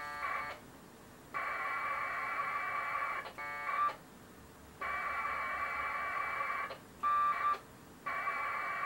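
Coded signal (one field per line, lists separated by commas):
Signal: packet radio (AX.25, as in APRS)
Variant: 1200 baud AFSK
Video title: Packet Radio UNIX shell session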